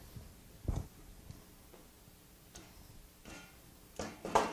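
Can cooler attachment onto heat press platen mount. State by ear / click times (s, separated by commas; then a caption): seated / 4.4 s. A can cooler attachment is pushed onto the lower platen mount of a DigitalHeat FX 8432wt heat press. A few soft knocks and handling sounds lead up to a sharp, loud snap at 4.4 seconds as the attachment pops on and locks into place.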